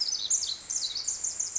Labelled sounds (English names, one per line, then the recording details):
Pacific Wren
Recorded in Sonoma County, California